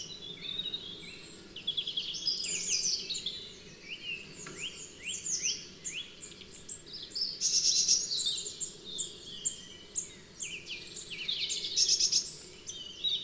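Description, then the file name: Birdsong chorus: several birds twittering with rapid high chirps, trills and sweeping whistles overlapping throughout, over a soft steady background hum. Birds in woodland. "woodland birdies"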